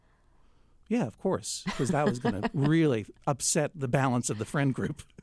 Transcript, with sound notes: Yeah, of course.
(Laughter).
...Because that was going to really upset the balance of the friend group.